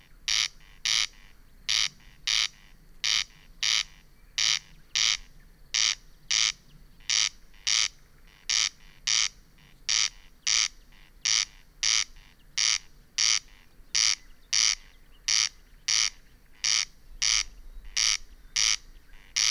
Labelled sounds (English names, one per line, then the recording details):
Corn Crake
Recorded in the wild
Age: adult
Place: Peenemuende, Usedom, Mecklenburg-Vorpommern, DE
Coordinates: 54.1618, 13.78
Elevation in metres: 0
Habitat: grassland
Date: 2014-05-25 23:18
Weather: 15°C, almost windless
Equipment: Sound Devices 702, Sennheiser MKH 70, Rycote Windschutz
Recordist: Frommolt, Karl-Heinz